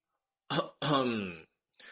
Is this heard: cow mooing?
no